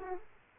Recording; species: mosquito wingbeat signal from an infrared sensor; Aedes aegypti